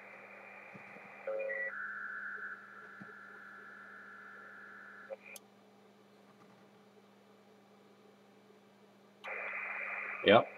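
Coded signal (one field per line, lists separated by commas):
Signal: packet radio (AX.25, as in APRS)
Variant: Robust Packet Radio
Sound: two short hissy data bursts with a long steady tone between, low hum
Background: radio static, mains hum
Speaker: this was it. You could see a quite strong signal that came in, and the DCD that went on, so any kind of transmission would be suppressed for the SCS tracker during that period. And right after reception, the system jumped on PTT and did a digipeat on the received RPR signal.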